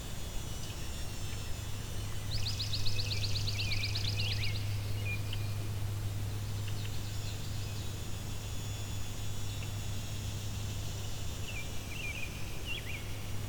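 A summer day at Fletcher Creek Ecological Preserve in Ontario: a steady low hum, rapid insect-like trilling around two to five seconds, and scattered bird chirps.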